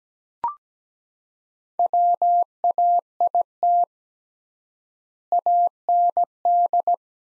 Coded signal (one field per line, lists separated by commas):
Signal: Morse code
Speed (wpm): 17 wpm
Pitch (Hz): 700 Hz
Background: none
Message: WAIT AND